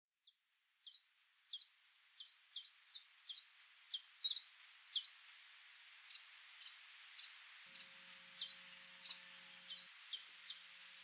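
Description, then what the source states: Common Chiffchaff song, a brisk series of sharp, high alternating chiff-chaff notes, about three per second, with a short pause midway before resuming. Recorded in England in July 2023.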